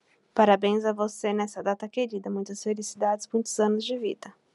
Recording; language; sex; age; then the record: short text; Brazilian Portuguese; female; 30 to 39 years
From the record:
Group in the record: control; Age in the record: 36 years